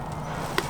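A plastic tab taken off the original part is pushed over a screw on a car trim part so it locks in place. A short, sharp snap is heard at 0.6 s as the tab seats, followed by a second, softer burst near the end. Someone talks.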